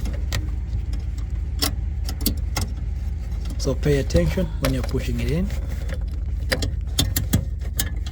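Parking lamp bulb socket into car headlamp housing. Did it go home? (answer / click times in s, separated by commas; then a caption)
yes / 7.0 s, 7.2 s. A parking lamp bulb socket is pushed and twisted into the back of the headlamp housing of a 2010–2015 Mercedes GLK350 (X204) in a tight space. Someone talks over a steady low hum and scattered handling taps. Sharp clicks at 7.0 s and 7.2 s mark the socket locking into place.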